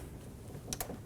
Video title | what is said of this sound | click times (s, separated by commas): How to Replace Front Window Regulator 2008-2015 Scion xB | Install the connector for the door lock actuator. Push until you hear a click. | 0.7 s, 0.8 s